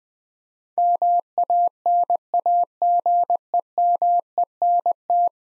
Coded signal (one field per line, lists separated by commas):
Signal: Morse code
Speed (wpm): 20 wpm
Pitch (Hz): 700 Hz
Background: none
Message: MANAGEMENT